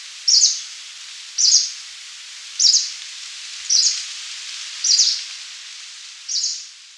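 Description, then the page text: Green warbler calls: six short, high notes, each about a second apart, over a soft steady hiss. "Green Warbler Call. Quick Sounds"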